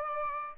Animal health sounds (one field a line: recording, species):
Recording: mosquito wingbeat signal from an infrared sensor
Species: Aedes albopictus